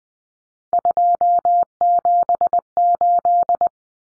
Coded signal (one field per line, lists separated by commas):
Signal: Morse code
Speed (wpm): 20 wpm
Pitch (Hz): 700 Hz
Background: none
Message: 278